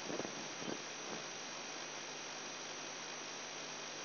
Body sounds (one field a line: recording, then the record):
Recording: brain microelectrode recording played as sound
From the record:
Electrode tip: outside the subthalamic nucleus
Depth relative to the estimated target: -6 mm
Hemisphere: right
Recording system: AlphaMap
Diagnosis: Parkinson's disease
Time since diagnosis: 10 years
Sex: male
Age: 58 years